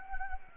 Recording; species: mosquito wingbeat signal from an infrared sensor; Anopheles gambiae